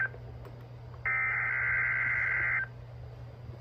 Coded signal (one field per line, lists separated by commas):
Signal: Emergency Alert System (SAME) tones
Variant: header bursts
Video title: Georgia Tornado Drill!| EAS #61-63| Required Weekly Test| KXI76, WXJ31